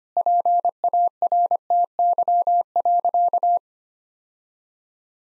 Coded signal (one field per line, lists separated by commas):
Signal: Morse code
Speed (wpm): 25 wpm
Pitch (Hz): 700 Hz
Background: none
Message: PARTY.